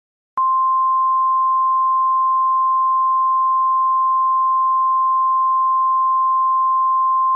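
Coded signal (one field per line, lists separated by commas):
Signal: Emergency Alert System (SAME) tones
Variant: 1050 Hz attention tone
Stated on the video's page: Fictional EAS scenario.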